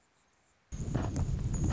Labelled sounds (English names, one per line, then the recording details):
Anna's Hummingbird
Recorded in Sonoma County, California